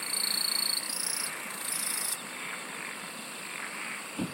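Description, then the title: Insects calling: a loud, very high buzzing trill shifts pitch several times over the first two seconds, then drops back to a softer continuous chorus; a dull thump near the end. "SINGING OF INSECTS"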